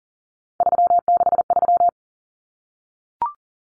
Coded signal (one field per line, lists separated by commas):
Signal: Morse code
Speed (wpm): 40 wpm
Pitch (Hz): 700 Hz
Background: none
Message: 363